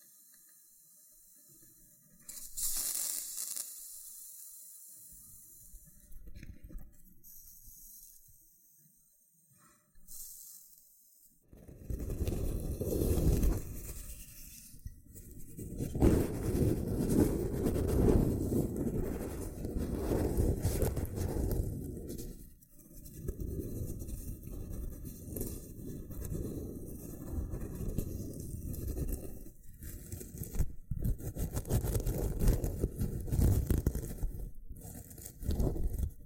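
Loofah scrubbing and peeling sounds, with a quiet, sparse first ten seconds of light scratches and a few bright bursts near three and ten seconds. From about eleven seconds a dense, rough rubbing takes over, rising and falling, with brief pauses and sharp crackles.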